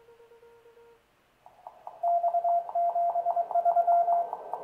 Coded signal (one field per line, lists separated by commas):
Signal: Morse code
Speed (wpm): 23 wpm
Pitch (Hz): 690 Hz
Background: radio noise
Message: X 73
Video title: 30 Meter XCVR Assembly 3 : The Transmitter Section